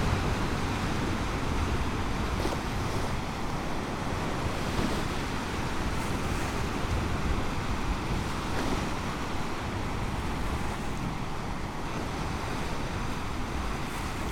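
Lake Michigan's water washes in a steady, dense rush, heavy in the low end and muted up top. Faint brighter splashes and ticks break through now and then, near 2.5, 5, 8.5 and 12 seconds.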